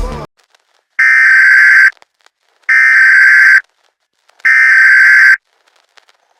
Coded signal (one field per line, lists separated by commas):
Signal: Emergency Alert System (SAME) tones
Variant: header bursts